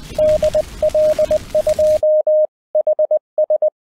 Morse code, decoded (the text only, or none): DL2HS